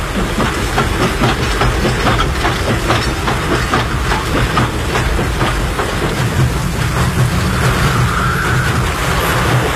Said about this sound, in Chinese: 火车慢慢地驶了过来，驶进了漫着水的路基。